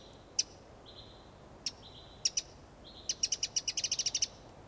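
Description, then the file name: Eurasian wren calls: scattered sharp ticks, then a fast even run of about ten clicks forming a brief rattle, alongside faint level high whistles. "Troglodytes troglodytes"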